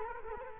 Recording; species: mosquito wingbeat signal from an infrared sensor; Culex quinquefasciatus